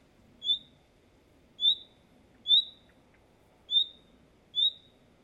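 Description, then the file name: Common nightingale repeating a thin whistle five times at slightly uneven intervals, over a steady low rumbling background. "Luscinia megarhynchos"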